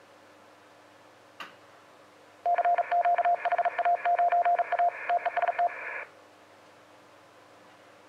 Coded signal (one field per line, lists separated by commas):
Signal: Morse code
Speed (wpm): 38 wpm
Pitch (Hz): 700 Hz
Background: radio noise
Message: CQ HA9A TEST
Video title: 2019-01-19 20:15 7028 kHz A1B HA9A